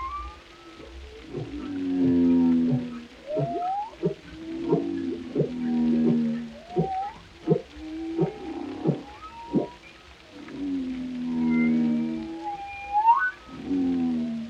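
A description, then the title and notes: Whales sing in long, low moaning tones, some sliding upward into higher whistles and squeals. The calls come in phrases every second or two with short clicks and pulses between them, over a faint low rumble and hiss throughout. Captivating Whale Sounds. This hour-long compilation showcases a diverse range of whale vocalizations, including haunting moans, resonant calls, and harmonious melodies. The hauntingly beautiful songs of whales.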